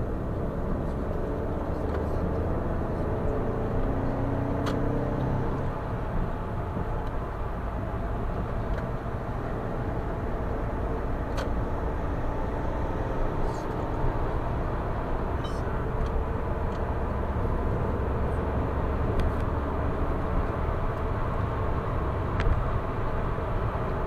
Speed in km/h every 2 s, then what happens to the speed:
64, 75, 82, 84, 76, 82, 88, 93, 98, 102, 104, 104.
0-3 speeds up to 82. 3-8 steady at about 82. 8-18 speeds up to 102. 18-24 steady at about 104.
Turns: none.